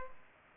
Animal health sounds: mosquito wingbeat signal from an infrared sensor; Culex pipiens

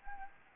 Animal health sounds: mosquito wingbeat signal from an infrared sensor; Anopheles arabiensis

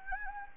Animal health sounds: mosquito wingbeat signal from an infrared sensor; Anopheles gambiae

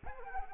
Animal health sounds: mosquito wingbeat signal from an infrared sensor; Anopheles arabiensis

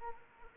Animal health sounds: mosquito wingbeat signal from an infrared sensor; Anopheles arabiensis

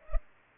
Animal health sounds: mosquito wingbeat signal from an infrared sensor; Culex pipiens

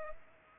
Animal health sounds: mosquito wingbeat signal from an infrared sensor; Culex pipiens

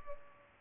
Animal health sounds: mosquito wingbeat signal from an infrared sensor; Culex pipiens

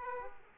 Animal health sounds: mosquito wingbeat signal from an infrared sensor; Aedes aegypti

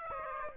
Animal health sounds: mosquito wingbeat signal from an infrared sensor; Aedes aegypti

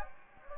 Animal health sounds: mosquito wingbeat signal from an infrared sensor; Anopheles gambiae

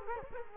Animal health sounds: mosquito wingbeat signal from an infrared sensor; Culex quinquefasciatus

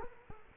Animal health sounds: mosquito wingbeat signal from an infrared sensor; Culex quinquefasciatus

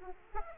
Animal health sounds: mosquito wingbeat signal from an infrared sensor; Aedes aegypti

